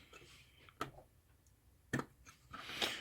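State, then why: Seated. A DIP microcontroller chip, its pins straightened, is pressed into its IC socket on a clock circuit board. Sharp clicks sound at 0.8 s and 1.9 s as it goes down, and a broader rustling swell follows near the end. The chip is seated, with all its pins in place.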